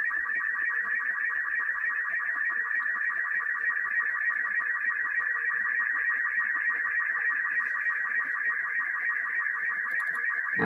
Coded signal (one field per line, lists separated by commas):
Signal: SSTV (slow-scan television)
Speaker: so I'm now going to send that picture along the wire